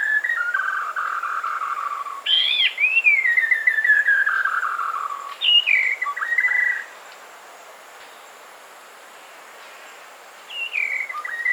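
Shama singing loud, clear whistled phrases that slide downward, several in a row, then a pause before a final short whistle.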